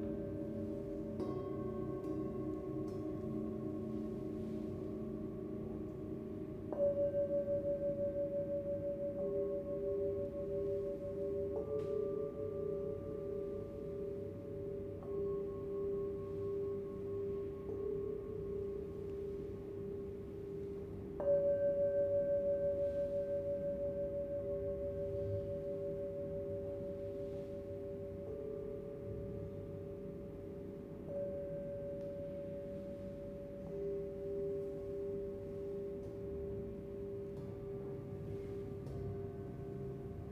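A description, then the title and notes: Singing bowls are struck in turn, each stroke near 7 and 21 seconds ringing out in long, steady overlapping tones that slowly fade. Struck all the bowls in turn. I recorded June's three sessions at a rented yoga studio in Kwun Tong she usually holds her sound baths.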